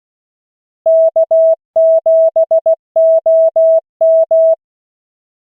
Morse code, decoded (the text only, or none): K7OM